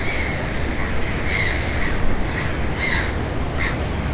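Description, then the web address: Gull calls, short harsh cries and a few squealing notes against a heavy rumble of surf or wind. At the ocean. "ocean seagulls"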